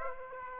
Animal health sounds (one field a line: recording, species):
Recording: mosquito wingbeat signal from an infrared sensor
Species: Aedes aegypti